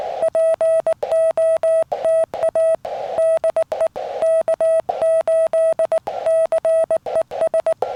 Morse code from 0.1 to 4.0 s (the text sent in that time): POTA DE